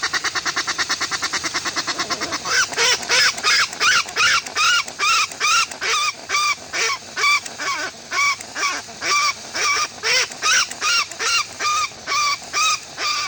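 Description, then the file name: Westland petrel song: a brief fast rattle, then a long, insistent sequence of raucous, rising-and-falling bleats, two or three each second. "westland black petrel song"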